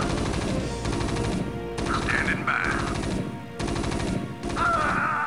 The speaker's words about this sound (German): Auf dem Bildschirm schieben sich seine Truppen langsam voran. Er feuert aus allen Rohren auf seine virtuellen Feinde